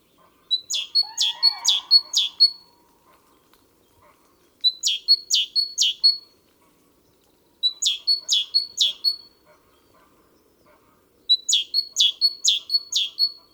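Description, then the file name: Great tit delivering four runs of rhythmic high two-note phrases, with a lower buzzy note near the start and quiet gaps between runs. "Parus major"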